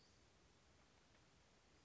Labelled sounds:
Western Flycatcher (Empidonax difficilis)
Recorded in Sonoma County, California

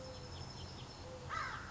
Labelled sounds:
Mourning Dove (Zenaida macroura)
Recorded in Sonoma County, California

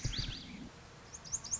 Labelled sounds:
Lazuli Bunting (Passerina amoena)
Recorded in Sonoma County, California

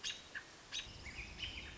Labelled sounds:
American Robin (Turdus migratorius)
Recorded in Sonoma County, California

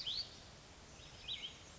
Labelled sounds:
Oak Titmouse (Baeolophus inornatus)
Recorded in Sonoma County, California

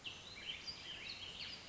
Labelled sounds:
Warbling Vireo (Vireo gilvus)
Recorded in Sonoma County, California

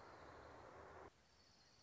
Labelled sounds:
Orange-crowned Warbler (Leiothlypis celata)
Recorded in Sonoma County, California

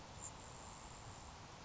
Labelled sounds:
Grasshopper Sparrow (Ammodramus savannarum)
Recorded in Sonoma County, California

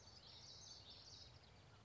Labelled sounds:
Common Yellowthroat (Geothlypis trichas)
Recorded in Sonoma County, California

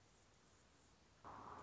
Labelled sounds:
Anna's Hummingbird (Calypte anna)
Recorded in Sonoma County, California

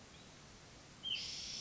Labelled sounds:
White-breasted Nuthatch (Sitta carolinensis)
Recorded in Sonoma County, California

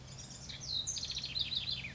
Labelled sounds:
House Wren (Troglodytes aedon)
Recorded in Sonoma County, California

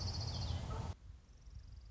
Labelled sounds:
Orange-crowned Warbler (Leiothlypis celata)
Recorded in Sonoma County, California

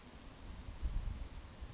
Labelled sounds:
Grasshopper Sparrow (Ammodramus savannarum)
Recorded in Sonoma County, California

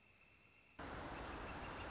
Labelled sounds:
Northern Flicker (Colaptes auratus)
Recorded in Sonoma County, California

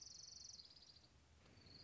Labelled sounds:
Orange-crowned Warbler (Leiothlypis celata)
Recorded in Sonoma County, California

